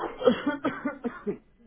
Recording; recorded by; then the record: voluntary cough; telephone call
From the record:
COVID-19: negative